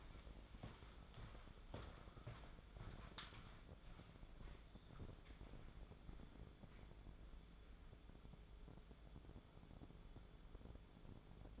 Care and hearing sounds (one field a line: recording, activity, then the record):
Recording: daily activity, microphone in the room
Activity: walk to room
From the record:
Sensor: 5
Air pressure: 1010.5 hPa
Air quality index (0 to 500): 109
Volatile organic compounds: 2 ppm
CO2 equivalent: 1072 ppm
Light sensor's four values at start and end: 1176/2746/1190/1459 and 483/1253/516/595